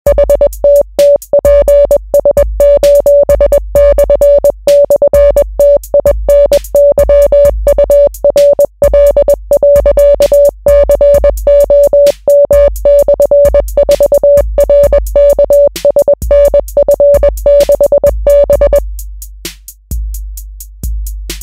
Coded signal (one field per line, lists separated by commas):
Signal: Morse code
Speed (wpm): 20 wpm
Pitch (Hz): 570 Hz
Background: music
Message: HTTPS://TINYURL.COM/4RKSNF6B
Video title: Morse Code type beat